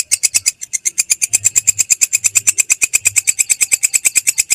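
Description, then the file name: Grasshopper stridulation, a fast, very regular train of dry, high-pitched rasping pulses, steady throughout. "suara belalang kecek"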